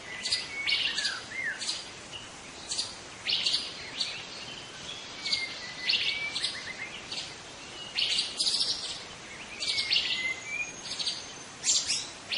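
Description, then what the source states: White-rumped shama pouring out a busy song of bright chirps, trills and clear whistles, bursts recurring every second or two, with steady hiss behind. In forest.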